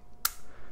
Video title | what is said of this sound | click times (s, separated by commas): How to Reset the Blimey Box Locks | that it's all zeros you can go ahead and you'll twist it and hear a click that's | 0.2 s